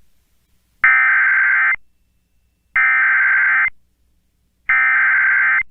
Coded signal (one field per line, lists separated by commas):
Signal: Emergency Alert System (SAME) tones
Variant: header bursts